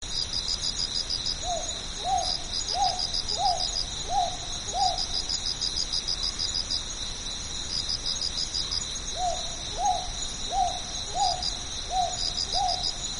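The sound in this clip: Northern boobook hooting: soft, even hoo notes repeated at a steady pace in two runs split by a pause, over a steady high cricket chorus.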